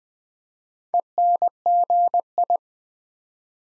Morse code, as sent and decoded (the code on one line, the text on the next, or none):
. -. --. ..
ENGI